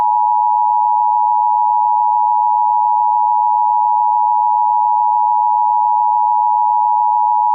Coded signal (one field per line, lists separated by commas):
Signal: Emergency Alert System (SAME) tones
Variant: 853 and 960 Hz attention tone